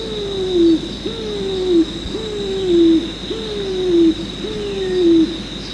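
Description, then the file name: Pigeon giving low hooting calls, each note jumping up then gliding downward, five in a row at roughly one-second intervals, with a constant high-pitched insect drone behind. "afep pigeon"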